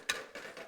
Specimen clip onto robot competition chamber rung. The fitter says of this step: right in the middle. Snapped on for number four.